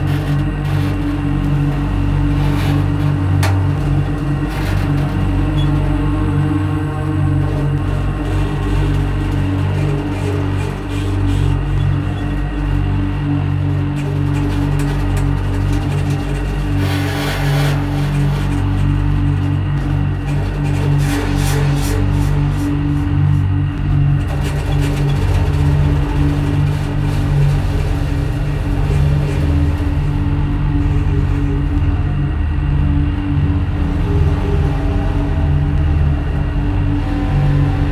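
Rubbing and scraping on an overturned bass drum, layered over a steady, dense synthetic pad with a deep, rumbling low end. The drone holds constant throughout, while brighter, hissing scrapes flare up now and then, most clearly around 17, 21 and 25 seconds.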